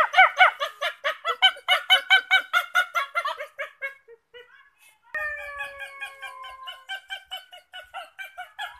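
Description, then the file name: Wolf yelps in a rapid series that fade out, then long overlapping howls return with more yipping. Thailand. "tieng cho soi thai lan keu"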